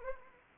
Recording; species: mosquito wingbeat signal from an infrared sensor; Anopheles arabiensis